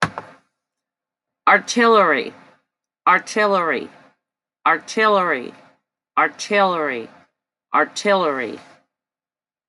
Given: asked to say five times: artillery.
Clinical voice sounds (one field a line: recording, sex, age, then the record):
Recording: repeated word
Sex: female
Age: 50 to 59 years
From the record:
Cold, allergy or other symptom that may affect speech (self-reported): no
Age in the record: 58 years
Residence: Alabama, United States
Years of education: 14